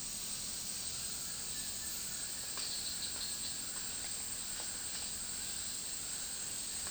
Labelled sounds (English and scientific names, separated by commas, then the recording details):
none
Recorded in dense forest near Puerto Asís, Putumayo, Colombia, on 18 February 2024 at 15:00
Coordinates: 0.499, -76.324
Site G6469